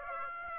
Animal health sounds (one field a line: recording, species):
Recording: mosquito wingbeat signal from an infrared sensor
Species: Aedes aegypti